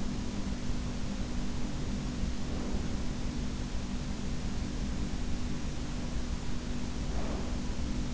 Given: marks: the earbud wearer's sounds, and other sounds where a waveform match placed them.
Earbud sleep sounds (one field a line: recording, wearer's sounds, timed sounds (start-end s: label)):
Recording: sounds in sleep by an in-ear microphone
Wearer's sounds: breath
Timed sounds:
2.12-3.73 s: breath
6.49-8.14 s: breath